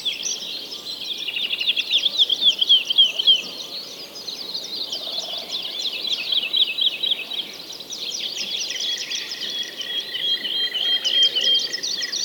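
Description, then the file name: Birds singing in a dense chorus, many high chirps and trills overlapping continuously, with a clearer repeated trill near the start and another toward the end. Many birds singing together. "Digiffects Sound Effects Library - Many Birds Singing"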